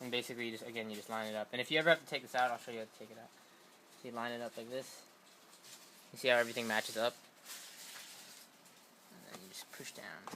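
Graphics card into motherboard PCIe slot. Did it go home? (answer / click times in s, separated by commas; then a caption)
no / none. A graphics card is lined up over a motherboard PCIe slot and checked for alignment before being pushed down, while someone talks throughout. Only quiet handling noise is heard between the speech, and the card has not yet seated or clicked into the slot.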